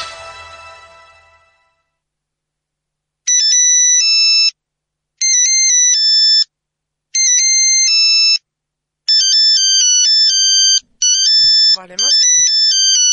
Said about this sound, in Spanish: ¡Ay! Suena el teléfono. Llaman nomás. Era un ringtone de los años 80. Sí, ese. ¿Viste cuando te venía el celular?